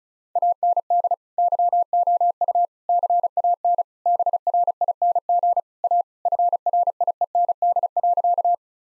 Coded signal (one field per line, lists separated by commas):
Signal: Morse code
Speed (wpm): 34 wpm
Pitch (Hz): 700 Hz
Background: none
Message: AND YOU CAN BRING A FRIEND.